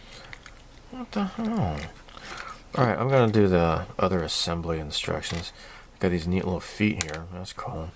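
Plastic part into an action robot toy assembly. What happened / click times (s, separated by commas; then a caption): A plastic part snapped into place / 0.3 s, 0.5 s. A stiff plastic part, tight enough to hurt the fingers, is pressed into an action robot toy assembly and snaps into position with sharp clicks at 0.3 and 0.5 seconds. The part is seated, and someone talks afterward.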